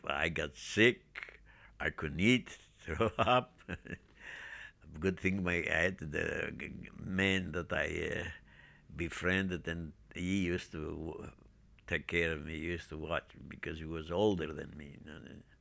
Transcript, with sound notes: I got sick. I couldn't eat. I throw up. (he laughs) Good thing I had the man that I befriended, and he used to take care of me, used to watch me because he was older than me then.